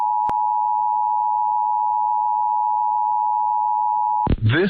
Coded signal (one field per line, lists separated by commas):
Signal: Emergency Alert System (SAME) tones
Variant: 853 and 960 Hz attention tone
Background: speech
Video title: EAS- San Francisco Bay Area RMT on KCBS-AM and San Joaquin Valley RMT on KMJ-AM